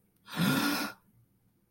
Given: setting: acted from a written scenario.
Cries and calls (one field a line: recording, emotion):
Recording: vocal sound without words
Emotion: awe